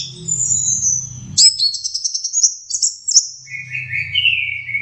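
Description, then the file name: Orange-headed thrush singing: a long high whistle, then quick warbled and stuttered notes, ending in lower rising whistles, over faint low humming. Masteran (training) song of orange-headed thrush. "suara masteran anis merah"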